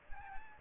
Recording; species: mosquito wingbeat signal from an infrared sensor; Aedes albopictus